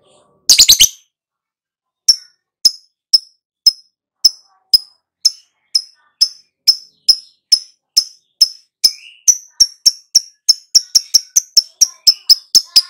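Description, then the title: Lovebird starting with a harsh shriek, then a steady run of high, sharp chirps that speeds up toward the end. Prompt recording (pancingan) meant to get a lovebird to respond (nyaut) and sing actively (gacor). "Pancingan Lovebird Agar Nyaut GACOR."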